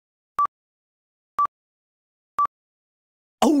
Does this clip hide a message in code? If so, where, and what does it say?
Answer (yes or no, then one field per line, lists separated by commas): no